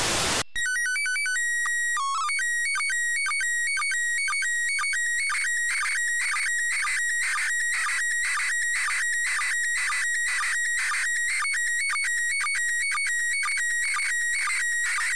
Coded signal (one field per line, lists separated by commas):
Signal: SSTV (slow-scan television)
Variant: PD 120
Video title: IK8XLD - ISS SSTV 28.10.18